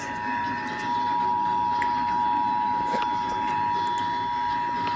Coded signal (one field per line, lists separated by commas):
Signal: Emergency Alert System (SAME) tones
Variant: 853 and 960 Hz attention tone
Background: speech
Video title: Child Abduction Emergency EAS #104